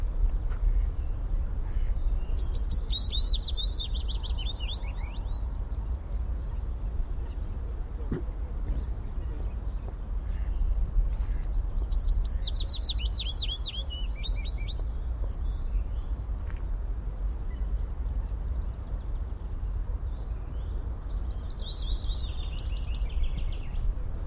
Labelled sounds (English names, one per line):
Willow Warbler